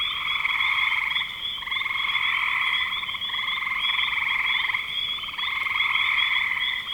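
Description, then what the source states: Frog chorus of long pulsed trills in overlapping bouts, with brief breaks between. Frogs recorded in spring 2025.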